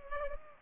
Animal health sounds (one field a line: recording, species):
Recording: mosquito wingbeat signal from an infrared sensor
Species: Culex pipiens